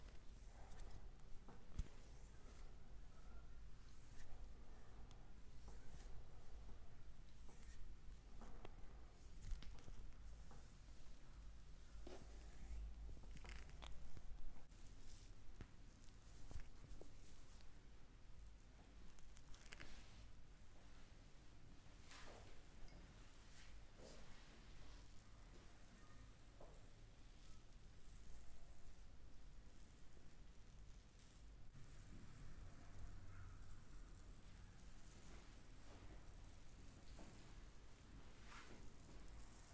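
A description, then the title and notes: A neck, back and arm massage, with steady rubbing and brushing of hands on skin over a constant low hum, punctuated by soft slaps. ASMR relaxing neck and back massage with akcent on the arms.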